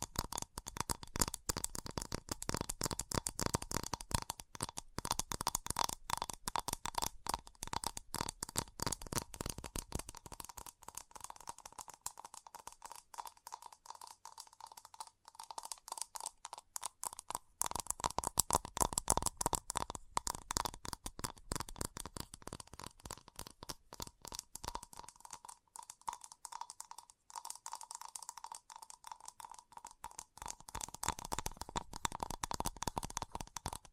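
Fast tapping runs through the whole 34 seconds, a dense, rapid patter of sharp clicks with no real pauses. The taps are bright and crisp, with a faint steady tone underneath, and the rhythm thins slightly around 12–16 and 26–30 seconds before picking back up.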